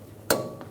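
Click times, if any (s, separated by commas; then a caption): 0.3 s. A rear wheel hub with a new seal on a 2003-2009 Dodge Ram 2500 is pushed by hand onto the axle spindle, carefully past the new seal. It seats with a sharp click at 0.3 s, followed by a fainter tick at 0.6 s. The hub is seated home on the axle.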